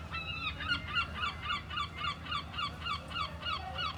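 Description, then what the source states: Gull delivering a quick, regular string of harsh, downslurred yelps, about four per second, above a low rumbling background. Seagulls at Mers-les-Bains seafront, France, with waves in the distance; recorded with DPA 4060 AB pair into Zoom F3.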